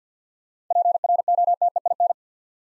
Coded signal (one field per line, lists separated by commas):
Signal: Morse code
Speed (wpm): 52 wpm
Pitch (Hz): 700 Hz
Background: none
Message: PROTEIN